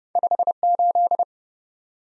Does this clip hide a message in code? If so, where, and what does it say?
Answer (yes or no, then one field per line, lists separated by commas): yes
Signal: Morse code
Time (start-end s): 0.2-1.2 s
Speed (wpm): 30 wpm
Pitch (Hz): 700 Hz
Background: none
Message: 58